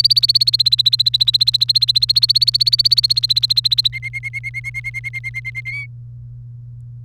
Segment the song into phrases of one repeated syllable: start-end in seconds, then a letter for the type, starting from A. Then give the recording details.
0.00-3.88 A, 3.93-5.61 B, 5.65-5.86 C. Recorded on 1 May 2018 at 16:10. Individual llb3